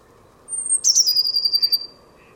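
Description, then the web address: Bird calling with a long, high, thin note that slides down into a fast, fluttering trill, then fades away. "cianscape birddata Deverinetal 2025 Bird Only Cy Ca"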